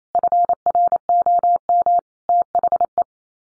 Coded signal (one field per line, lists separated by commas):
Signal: Morse code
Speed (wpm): 28 wpm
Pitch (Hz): 700 Hz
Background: none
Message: FROM THE